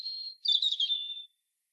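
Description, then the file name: European robin song: a steady thin high tone runs into a quick tumbling warble that settles on a sustained whistled note. "Erithacus rubecula"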